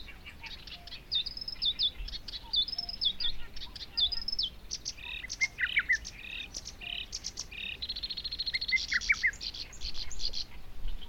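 Bird song, varied whistled notes and quick chirps in irregular phrases.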